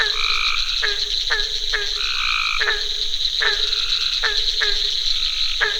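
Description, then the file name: Barking treefrog, a run of deep resonant knocking calls at short irregular intervals, alongside higher tonal notes and a continuous high drone. Recorded at a pond on 22 June 2024 at 21:45. "Hyla Gratiosa 240622 2145"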